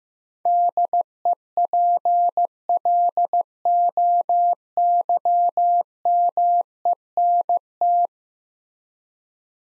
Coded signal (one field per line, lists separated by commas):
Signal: Morse code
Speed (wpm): 15 wpm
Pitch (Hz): 700 Hz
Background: none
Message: DEPLOYMENT